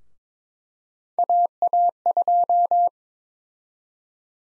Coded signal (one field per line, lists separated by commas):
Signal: Morse code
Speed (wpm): 22 wpm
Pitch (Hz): 700 Hz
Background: none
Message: AA2